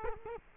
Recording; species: mosquito wingbeat signal from an infrared sensor; Culex quinquefasciatus